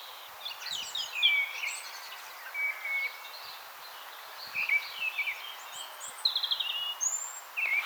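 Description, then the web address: European robin song, softer high warbling phrases and thin whistles over a faint background hiss. "SETE Erithacus rubecula"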